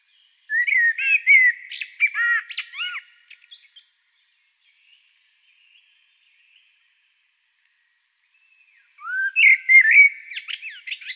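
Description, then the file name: Blackbird singing a full phrase of rich fluted notes with some descending whistles, then a long quiet spell and a second phrase starting with a rising note. "Turdus merula"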